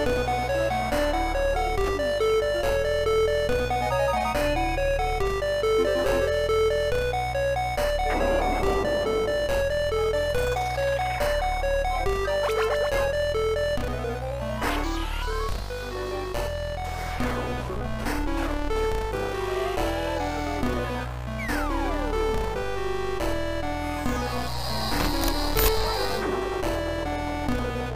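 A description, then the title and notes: 8-bit music with a steady, busy chiptune texture: a bouncing low bass line pulses in regular steps under a bright, beeping square-wave melody. Quick sweeping zaps and pitch slides cut through repeatedly, with a sharp high buzz near the 25-second mark. Game sound effects. 8-bit music.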